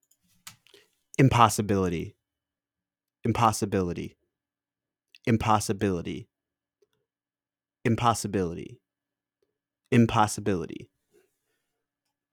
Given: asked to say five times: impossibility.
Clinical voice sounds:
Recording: repeated word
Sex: male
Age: 30 to 39 years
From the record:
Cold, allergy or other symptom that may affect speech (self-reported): no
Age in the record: 31 years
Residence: Wisconsin, United States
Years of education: 15

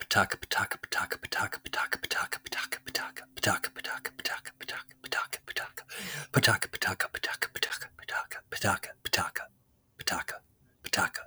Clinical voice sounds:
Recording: repeated syllables /pa ta ka/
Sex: male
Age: 30 to 39 years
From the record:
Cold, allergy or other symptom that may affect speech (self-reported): no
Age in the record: 32 years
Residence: Tennessee, United States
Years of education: 14

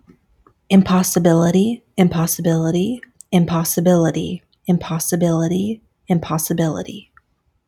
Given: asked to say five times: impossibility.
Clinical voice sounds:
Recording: repeated word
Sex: female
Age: 30 to 39 years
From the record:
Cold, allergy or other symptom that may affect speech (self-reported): no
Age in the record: 35 years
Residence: Washington, United States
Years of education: 16

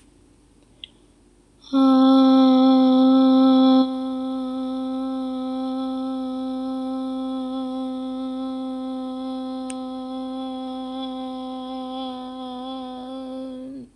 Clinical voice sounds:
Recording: vowel held as long as possible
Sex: female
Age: 20 to 29 years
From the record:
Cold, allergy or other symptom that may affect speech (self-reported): no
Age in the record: 21 years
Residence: Illinois, United States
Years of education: 16

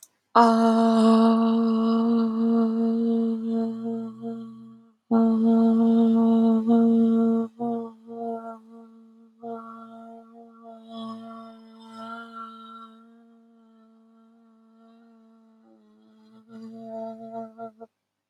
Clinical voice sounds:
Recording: vowel held as long as possible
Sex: female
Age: 20 to 29 years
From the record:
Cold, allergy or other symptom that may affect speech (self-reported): no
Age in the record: 24 years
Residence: India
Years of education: 12

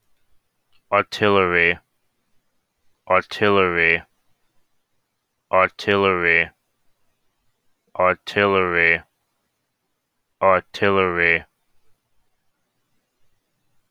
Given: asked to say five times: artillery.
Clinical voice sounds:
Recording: repeated word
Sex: male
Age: 20 to 29 years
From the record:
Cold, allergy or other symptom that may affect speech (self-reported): no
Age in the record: 27 years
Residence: Florida, United States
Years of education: 16

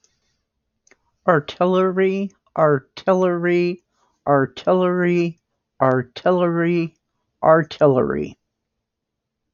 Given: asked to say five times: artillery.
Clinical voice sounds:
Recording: repeated word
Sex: female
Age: 60 to 69 years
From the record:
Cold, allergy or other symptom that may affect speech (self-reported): no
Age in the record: 65 years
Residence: Washington, United States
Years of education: 12

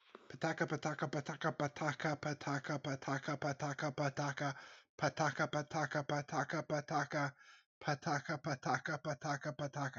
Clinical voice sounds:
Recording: repeated syllables /pa ta ka/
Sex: male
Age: 30 to 39 years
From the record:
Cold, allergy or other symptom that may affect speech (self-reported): no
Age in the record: 34 years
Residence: Massachusetts, United States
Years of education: 12

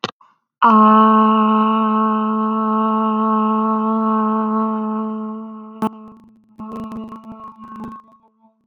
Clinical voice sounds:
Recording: vowel held as long as possible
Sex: female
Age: 20 to 29 years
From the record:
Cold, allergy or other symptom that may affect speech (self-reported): no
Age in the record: 24 years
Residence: Florida, United States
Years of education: 17

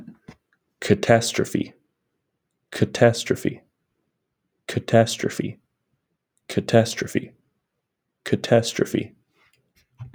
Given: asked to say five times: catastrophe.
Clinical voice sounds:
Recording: repeated word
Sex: male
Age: 20 to 29 years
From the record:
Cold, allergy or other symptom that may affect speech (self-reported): no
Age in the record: 26 years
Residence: Wisconsin, United States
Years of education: 16

